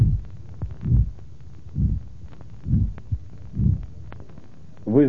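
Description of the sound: A systolic murmur of aortic stenosis conducted to the carotid artery, heard over an adult's carotid artery with a stethoscope: four low-pitched beats at about 65 per minute, with a voice beginning at the end.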